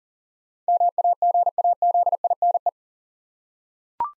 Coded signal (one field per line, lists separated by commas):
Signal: Morse code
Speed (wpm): 40 wpm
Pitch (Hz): 700 Hz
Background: none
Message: MAGAZINE